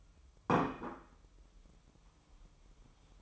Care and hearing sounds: daily activity, microphone in the room; place plate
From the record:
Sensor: 1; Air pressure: 988.6 hPa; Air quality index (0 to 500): 197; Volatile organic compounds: 935 ppm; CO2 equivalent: 5233 ppm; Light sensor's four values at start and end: 25/93/35/37 and 25/93/35/37

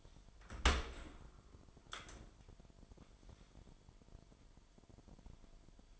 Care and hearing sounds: daily activity, microphone in the room; open dishwasher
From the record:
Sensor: 5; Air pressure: 998.5 hPa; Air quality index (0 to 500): 79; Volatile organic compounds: 1 ppm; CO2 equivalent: 895 ppm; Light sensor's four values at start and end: 24/57/24/26 and 24/56/24/26

